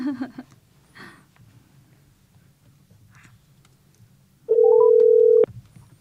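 A phone line's ringing tone while a call to a Luna Watch company representative connects: one loud, steady mid-pitched beep lasting about a second, following several seconds of faint background rustling with no talking.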